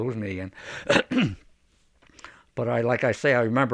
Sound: he coughs

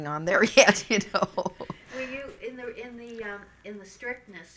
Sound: she laughs

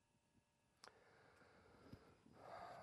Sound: deep breath

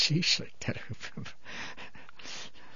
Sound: he laughs

